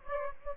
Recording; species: mosquito wingbeat signal from an infrared sensor; Anopheles gambiae